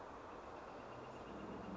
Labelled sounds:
Northern Flicker (Colaptes auratus)

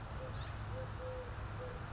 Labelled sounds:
Eurasian Collared Dove (Streptopelia decaocto)

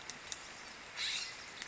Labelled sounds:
California Scrub-Jay (Aphelocoma californica)

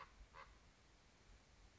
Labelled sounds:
Common Raven (Corvus corax)

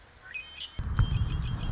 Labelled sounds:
Red-winged Blackbird (Agelaius phoeniceus)

